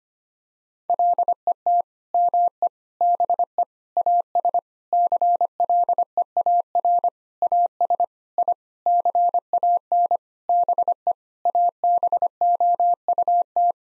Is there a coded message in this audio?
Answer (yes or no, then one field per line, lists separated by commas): yes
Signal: Morse code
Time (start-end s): 0.9-13.7 s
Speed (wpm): 25 wpm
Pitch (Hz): 700 Hz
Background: none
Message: LET ME BE AS CLEAR AS I CAN BE ABOUT